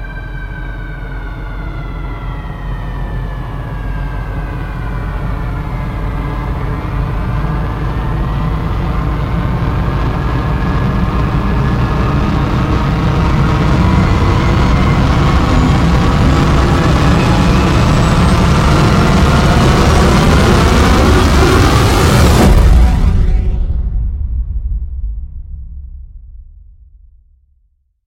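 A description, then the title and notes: Faint wailing sirens rise and fall over a deep, dense roar that swells steadily into a huge fiery vortex. The roar peaks around twenty-two seconds with a sharp crack, then the bright top drops away and the low rumble fades out. Vortex Riser Sirens Invasion is sound of a distant alarm sirens witch evolve into a huge fiery vortex.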